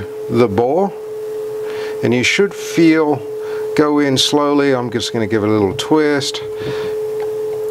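A component is pushed slowly into a bore in the aluminium valve body of a GM 5L40E transmission from a BMW X3 3.0L and given a little twist while someone talks over a steady tonal hum. The clip ends before the part goes home, and nothing has locked in or clicked yet.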